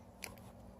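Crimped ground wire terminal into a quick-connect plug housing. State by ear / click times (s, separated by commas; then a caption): not seated / none. A crimped black ground wire terminal is being handled against a plastic quick-connect plug housing, before being snapped in. A brief sharp tick of handling noise stands out over a steady low hum, with no talk. Nothing has seated or clicked yet; the terminal is not yet home.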